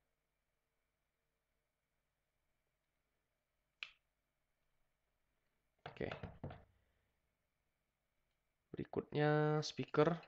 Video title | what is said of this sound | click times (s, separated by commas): BELAJAR 40 PEMROGRAMAN ARDUINO - Play Music Menggunakan DF Player Mini | ada bunyi klik ya tuntunan Ya seperti modul SD card sebelumnya Oke | 3.8 s